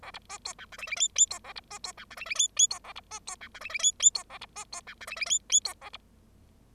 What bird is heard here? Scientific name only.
Lonchura striata domestica